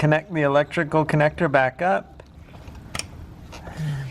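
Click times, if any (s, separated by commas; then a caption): 3.0 s. Someone talks as the wiring harness electrical connector is pressed onto the new crankshaft position sensor of a 2013-2019 Nissan Sentra with fault code P0335. One sharp click at 2.9 seconds marks the connector latching and seating.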